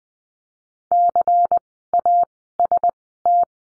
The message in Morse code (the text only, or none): CAST